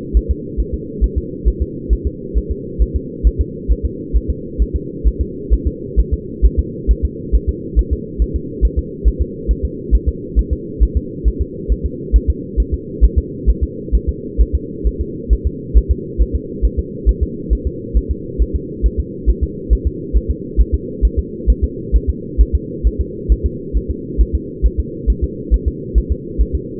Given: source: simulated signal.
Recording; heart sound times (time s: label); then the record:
fetal heart sounds
0.17 s: S1
0.31 s: S2
0.60 s: S1
0.74 s: S2
1.04 s: S1
1.18 s: S2
1.48 s: S1
1.62 s: S2
1.93 s: S1
2.07 s: S2
2.38 s: S1
2.51 s: S2
2.82 s: S1
2.96 s: S2
3.27 s: S1
3.41 s: S2
3.72 s: S1
3.86 s: S2
4.16 s: S1
4.30 s: S2
4.62 s: S1
4.76 s: S2
5.07 s: S1
5.21 s: S2
5.53 s: S1
5.67 s: S2
6.00 s: S1
6.14 s: S2
6.46 s: S1
6.59 s: S2
6.91 s: S1
7.05 s: S2
7.35 s: S1
7.49 s: S2
7.79 s: S1
7.93 s: S2
8.22 s: S1
8.36 s: S2
8.65 s: S1
8.79 s: S2
9.08 s: S1
9.22 s: S2
9.51 s: S1
9.65 s: S2
9.95 s: S1
10.09 s: S2
10.39 s: S1
10.53 s: S2
10.83 s: S1
10.97 s: S2
11.28 s: S1
11.41 s: S2
11.72 s: S1
11.86 s: S2
12.16 s: S1
12.30 s: S2
12.60 s: S1
12.74 s: S2
13.04 s: S1
13.18 s: S2
13.50 s: S1
13.64 s: S2
13.95 s: S1
14.09 s: S2
14.41 s: S1
14.55 s: S2
14.87 s: S1
15.01 s: S2
15.33 s: S1
15.47 s: S2
15.78 s: S1
15.91 s: S2
16.22 s: S1
16.36 s: S2
16.65 s: S1
16.79 s: S2
17.09 s: S1
17.23 s: S2
17.53 s: S1
17.67 s: S2
17.97 s: S1
18.11 s: S2
18.42 s: S1
18.55 s: S2
18.86 s: S1
19.00 s: S2
19.30 s: S1
19.43 s: S2
19.73 s: S1
19.87 s: S2
20.17 s: S1
20.30 s: S2
20.61 s: S1
20.74 s: S2
21.05 s: S1
21.19 s: S2
21.50 s: S1
21.64 s: S2
21.96 s: S1
22.10 s: S2
22.41 s: S1
22.55 s: S2
22.87 s: S1
23.01 s: S2
23.32 s: S1
23.46 s: S2
23.77 s: S1
23.91 s: S2
24.21 s: S1
24.35 s: S2
24.66 s: S1
24.80 s: S2
25.10 s: S1
25.24 s: S2
25.54 s: S1
25.68 s: S2
25.98 s: S1
26.12 s: S2
26.41 s: S1
26.55 s: S2
From the record:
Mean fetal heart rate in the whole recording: 135 bpm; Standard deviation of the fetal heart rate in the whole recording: 3 bpm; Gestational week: 34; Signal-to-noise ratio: -4.1 dB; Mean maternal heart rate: no maternal heart sound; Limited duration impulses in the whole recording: absent